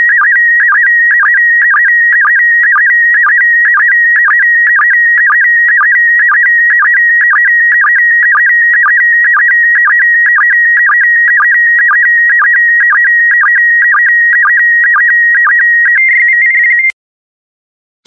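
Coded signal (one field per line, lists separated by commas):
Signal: SSTV (slow-scan television)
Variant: PD120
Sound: steady warbling tone around 1.9 kHz with rhythmic low blips twice a second, then stops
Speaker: get ready starting transmission in 5 4 3 2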